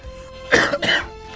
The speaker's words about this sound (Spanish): Hoy es un día muy especial, ya que tenemos poca voz. Y tenemos ganas de toser y esas cosas porque tiene mucho humo.